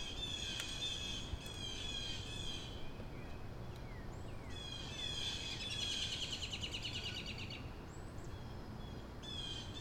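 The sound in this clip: Crow chattering in high, quickly pulsed bursts, with a few faint sliding whistled notes between bursts.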